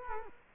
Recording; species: mosquito wingbeat signal from an infrared sensor; Culex quinquefasciatus